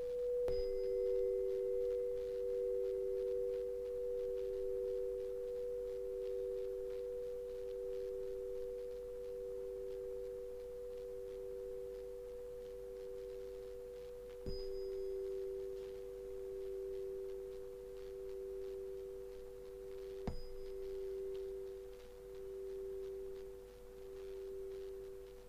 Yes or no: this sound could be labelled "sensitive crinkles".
no